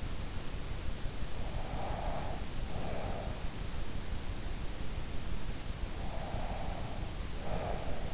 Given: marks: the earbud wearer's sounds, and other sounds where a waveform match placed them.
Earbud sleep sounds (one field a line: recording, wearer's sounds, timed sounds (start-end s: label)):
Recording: sounds in sleep by an in-ear microphone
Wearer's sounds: breath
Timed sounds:
1.72-3.59 s: breath
6.01-8.14 s: breath